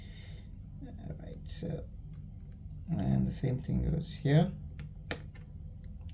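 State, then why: Seated. Someone talks while a second phone screen flex connector is pressed onto its logic board socket, the same way as the LCD connector. A sharp snap at 5.1 s marks the connector clicking in, confirming it is seated.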